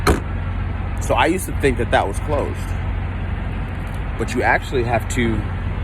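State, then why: Not seated. A truck driver handles the side storage compartment door, a metal panel on a semi truck, after putting an oil towel away, since the latch has to be pushed for the door to lock. A brief sharp sound comes at 0.1 s, then someone talks over a steady low rumble. The door latch has not clicked locked yet.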